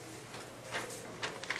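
The printhead assembly of a Datamax M Class thermal transfer printer, held up by a magnet, is pressed back down into the frame. After some low handling noise, short sharp transients appear around 1.2 s and 1.4 s, and a quick click at 1.5 s marks the printhead locking back in place, seated.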